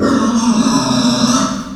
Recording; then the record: squeal of a Yucatan mini pig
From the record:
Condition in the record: after surgery on the right vocal fold (resection and tissue-engineered implant); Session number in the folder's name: 11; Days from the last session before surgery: 98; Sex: female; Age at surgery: 19 weeks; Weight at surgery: 25 kg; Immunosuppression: prednisolone